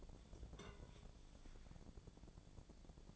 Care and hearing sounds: daily activity, microphone in the room; take from stove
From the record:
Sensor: 5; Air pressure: 1000.0 hPa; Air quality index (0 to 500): 97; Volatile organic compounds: 1 ppm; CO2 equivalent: 789 ppm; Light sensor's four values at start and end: 354/839/363/407 and 350/832/359/402

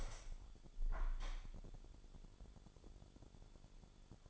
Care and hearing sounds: daily activity, microphone in the room; open window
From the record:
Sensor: 5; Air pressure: 1015.0 hPa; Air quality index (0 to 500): 94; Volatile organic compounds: 2 ppm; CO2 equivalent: 1009 ppm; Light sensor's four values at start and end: 35/80/32/31 and 35/80/32/31

